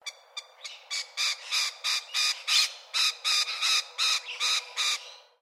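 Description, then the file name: Lorikeet screeching, a quick series of harsh grating calls about three per second, after a few sharp short opening notes. "BIRD LORRIKEETS"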